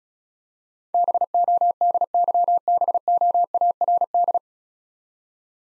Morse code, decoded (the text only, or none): BODYBOARD